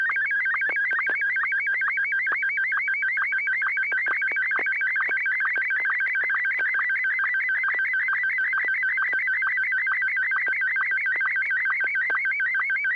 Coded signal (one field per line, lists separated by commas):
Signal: SSTV (slow-scan television)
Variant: Martin 1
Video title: N6NA SSTV Net - 11/04/2020